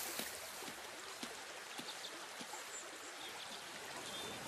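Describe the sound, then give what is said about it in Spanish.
A waterfall's steady rushing water pours and splashes over rocks, a dense hiss broken by small irregular slaps and gurgles, continuous and moderately loud with no voices. “Se entretenían viendo la caída de agua del salto que abría sobre las rocas el abanico del arco iris.”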